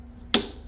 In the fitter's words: It'll click in place when you know it's on.